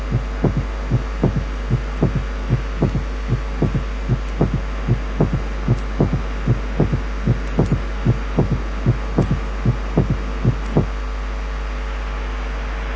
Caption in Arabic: ثيرد هارت ساوند في حالة تانية. الثيرد هارت ساوند لور ان بيتش، يعني ادخن ومور مافلد عن السكند ساوند. الثيرد هارت ساوند ممكن يكون نورمال فايندينج في الاطفال، لكن في الادلتس دايما ابنورمال، وبيحصل. اما في حالة الهارت فيلير وبيكون على صورة جلب، او لما يكون الفنتكل بيملى بسرعة بكمية دم كبيرة.